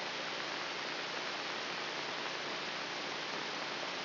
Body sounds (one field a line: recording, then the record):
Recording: brain microelectrode recording played as sound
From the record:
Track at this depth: outside the subthalamic nucleus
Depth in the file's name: 5.305 mm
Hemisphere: left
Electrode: 3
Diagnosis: Parkinson's disease